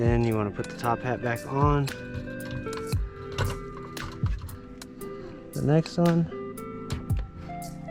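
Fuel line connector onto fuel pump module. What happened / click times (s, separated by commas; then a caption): Handled, not yet home: connector not yet seated / none. A fuel line connector is handled at the fuel pump module while someone talks over background music, with a few light taps and handling noises. The connector is being prepared to push home, but nothing has seated or clicked yet.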